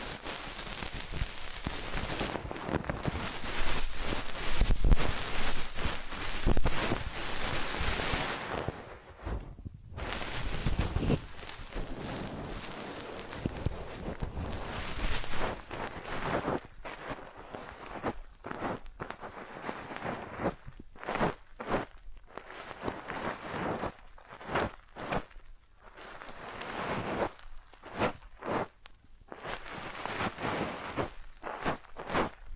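Massage and ear cleaning sounds: dense rubbing and scratching, continuous for the first eight seconds, then broken into quick bursts separated by short pauses.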